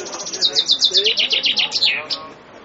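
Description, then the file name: Common chaffinch singing one rattling, high-pitched phrase of quick repeated notes that drops stepwise in pitch and finishes with a sharp terminal flourish. "fringuello"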